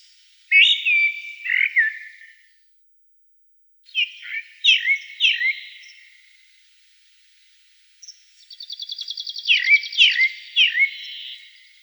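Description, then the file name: Black-throated thrush song: short bursts of clear, slurred whistled phrases delivered in three groups separated by pauses, with a rapid buzzy trill opening the last. "Drozd chernozobyj"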